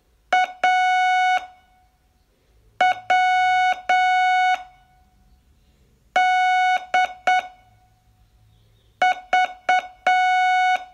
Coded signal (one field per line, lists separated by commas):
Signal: Morse code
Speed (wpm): 8 wpm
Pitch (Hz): 740 Hz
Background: none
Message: A W D V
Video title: Learn Morse in 42 Days from VU2LAU - day18